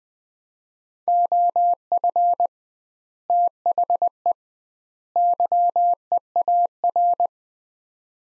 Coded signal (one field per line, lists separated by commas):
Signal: Morse code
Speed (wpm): 20 wpm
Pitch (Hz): 700 Hz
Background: none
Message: OF THE YEAR